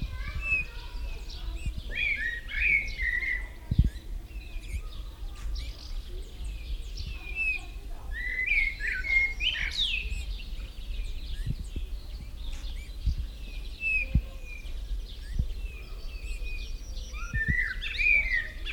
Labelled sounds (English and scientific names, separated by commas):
Eurasian Bullfinch (Pyrrhula pyrrhula)